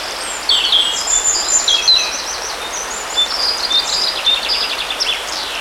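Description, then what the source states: Birds calling with bright whistled notes and short trills in quick succession over a steady hiss. Birds by a river.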